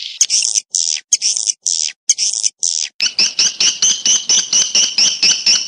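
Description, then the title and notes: Swiftlet calls: several buzzy chirps with short gaps, then a rapid run of quick two-toned chirps. Sound used in swiftlet farming in Asia. "Swiflet Bird Sound. Farming Swiflet Bird asia sound"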